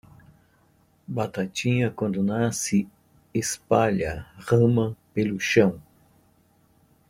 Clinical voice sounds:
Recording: short text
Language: Brazilian Portuguese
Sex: male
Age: 60 to 69 years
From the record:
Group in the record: control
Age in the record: 63 years

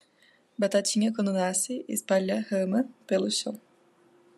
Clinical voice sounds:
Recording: short text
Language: Brazilian Portuguese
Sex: female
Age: 20 to 29 years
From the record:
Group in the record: control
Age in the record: 23 years

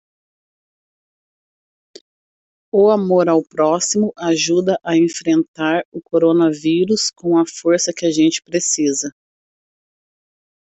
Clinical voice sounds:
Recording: spoken sentence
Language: Brazilian Portuguese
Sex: female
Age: 30 to 39 years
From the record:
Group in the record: control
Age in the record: 34 years

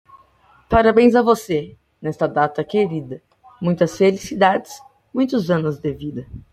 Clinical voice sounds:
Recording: short text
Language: Brazilian Portuguese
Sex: male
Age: 30 to 39 years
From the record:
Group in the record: control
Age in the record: 30 years

